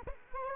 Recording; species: mosquito wingbeat signal from an infrared sensor; Culex quinquefasciatus